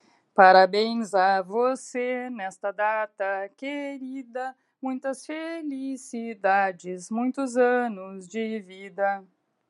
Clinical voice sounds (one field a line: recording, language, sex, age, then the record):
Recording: short text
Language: Brazilian Portuguese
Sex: female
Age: 50 to 59 years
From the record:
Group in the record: control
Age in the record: 57 years